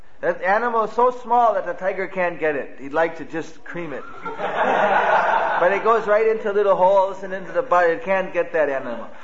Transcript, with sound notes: That animal is so small that the tiger can’t get it. He would like to just cream it. (devotees laugh) But it goes into holes and the tiger can’t get that animal.